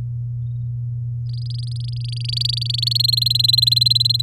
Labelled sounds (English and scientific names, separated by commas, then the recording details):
Domestic Canary (Serinus canaria) song
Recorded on 10 May 2018 at 17:03
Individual llb16